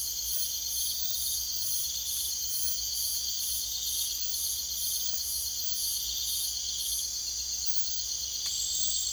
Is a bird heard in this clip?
no